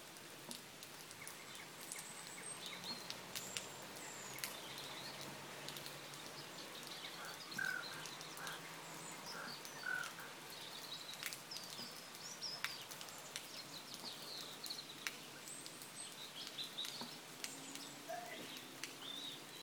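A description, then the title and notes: A rainy morning, with a steady dense patter of drops and frequent sharp ticks across the whole twenty seconds. Birds call through the rain, with brief bright chirps around the middle and a faint low hum of traffic underneath. Rainy morning in Shropshire.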